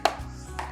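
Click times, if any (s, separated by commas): 0.1 s, 0.6 s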